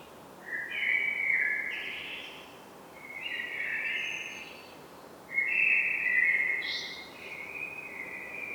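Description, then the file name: Common blackbird song in three mellow fluting phrases with brief high, thin notes, following one another every two to three seconds. "Turdus merula"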